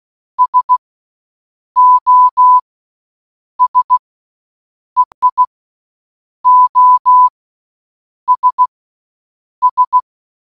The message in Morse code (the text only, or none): SOS EI OS S